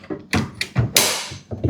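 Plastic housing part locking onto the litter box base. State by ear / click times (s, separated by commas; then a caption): seated / 0.3 s, 0.6 s, 1.0 s. A plastic housing part of a HomerunPET CS106 self-cleaning litter box is pressed back down onto the litter box base and locks into place. Sharp plastic snaps are heard at 0.3 s and 0.6 s, followed by the loudest snap at 1.0 s with a bright, trailing high-frequency ring. The part is confirmed seated and locked.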